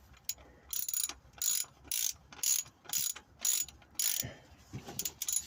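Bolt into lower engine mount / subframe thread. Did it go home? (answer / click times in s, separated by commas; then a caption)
no / none. A ratchet turns the steel lower engine mount bolt on a Rover 75 CDT into the subframe thread, with repeated bursts of ratchet-pawl clicking roughly every half second. The bolt does not catch the thread, and nothing has seated or clicked yet.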